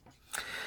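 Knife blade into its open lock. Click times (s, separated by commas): 0.4 s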